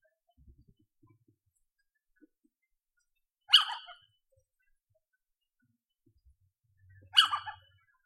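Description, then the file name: Little owl calls: two short, harsh, rasping notes about three and a half seconds apart, each dropping away quickly. Female. "Sycek obecny samice"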